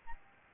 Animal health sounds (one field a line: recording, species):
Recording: mosquito wingbeat signal from an infrared sensor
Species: Aedes albopictus